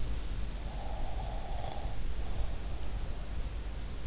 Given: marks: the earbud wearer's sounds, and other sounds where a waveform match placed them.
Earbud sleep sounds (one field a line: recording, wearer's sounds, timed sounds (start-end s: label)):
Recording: sounds in sleep by an in-ear microphone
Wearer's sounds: snoring breath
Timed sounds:
0.72-3.40 s: snoring breath